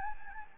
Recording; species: mosquito wingbeat signal from an infrared sensor; Anopheles gambiae